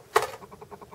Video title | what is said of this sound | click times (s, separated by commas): Compaq Presario CQ57 Accessing the Hard Drive and RAM | okay and once you hear that click you can go ahead and lift it up | 0.2 s